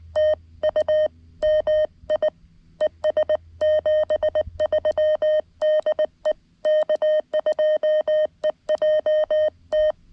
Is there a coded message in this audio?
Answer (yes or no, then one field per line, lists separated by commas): yes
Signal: Morse code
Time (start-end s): 0.2-9.9 s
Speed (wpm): 19 wpm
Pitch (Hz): 620 Hz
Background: none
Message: TU MI ES 73 DE K2EJT